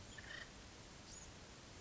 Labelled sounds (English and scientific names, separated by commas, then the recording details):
Acorn Woodpecker (Melanerpes formicivorus)
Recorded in Sonoma County, California